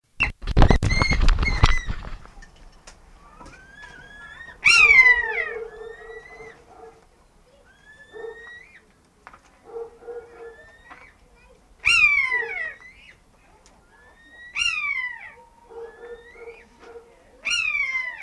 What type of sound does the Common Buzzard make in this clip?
call